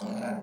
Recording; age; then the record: pig call; piglet (1 to 25 days)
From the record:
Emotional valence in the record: negative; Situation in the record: short isolation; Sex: male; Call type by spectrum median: low-frequency call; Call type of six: low-frequency modulated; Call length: 0.44 s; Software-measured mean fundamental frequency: 53 Hz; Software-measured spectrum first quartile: 216 Hz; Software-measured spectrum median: 438 Hz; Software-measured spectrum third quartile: 861 Hz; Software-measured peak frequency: 215 Hz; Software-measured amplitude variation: 129 dB a second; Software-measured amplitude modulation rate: 21.7 a second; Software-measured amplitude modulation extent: 5.9 dB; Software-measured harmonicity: 4.4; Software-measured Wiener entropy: -0.59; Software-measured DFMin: 671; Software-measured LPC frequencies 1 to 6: 655, 1513, 2419, 4352, 6392, 7796 Hz